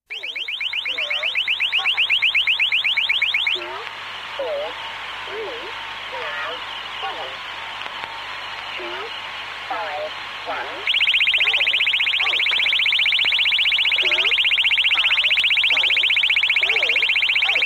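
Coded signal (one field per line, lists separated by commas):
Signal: unidentified radio signal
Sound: fast repeating rising warble sweeps, about 13 per second, with a quieter chirping middle section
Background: radio static, low hum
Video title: The Conet Project 302 - Iran/Iraq Jamming Efficacy Testing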